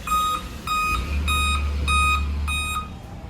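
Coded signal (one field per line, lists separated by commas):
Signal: beep code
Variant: laptop BIOS POST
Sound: evenly spaced short high beeps, about five or six, roughly two per second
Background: low hum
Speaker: तो लैपटॉप ऑन करके दिखा रहे हैं, ठीक है। 5 बार बीप आता है इस लैपटॉप में।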